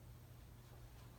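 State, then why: Not seated. A clean inner cannula is being handled and pushed back into a tracheostomy tube, but nothing has seated or clicked yet. Only a steady low hum and broadband hiss are heard, with no sharp hit.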